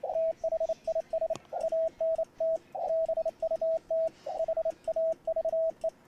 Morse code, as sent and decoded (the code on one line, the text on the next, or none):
- .... .. ... / .- -. - / -... ..- - / .... .- ...- .
THIS ANT BUT HAVE